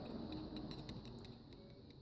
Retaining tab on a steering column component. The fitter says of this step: so I pushed down on that, and I could not, I heard something click, like I was making some progress, but it still wouldn't come out by hand.